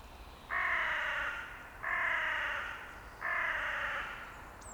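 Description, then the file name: Carrion crow giving three long, harsh, grating caws about a second and a half apart, with thin high bird whistles faint in the background. "Corvus corone"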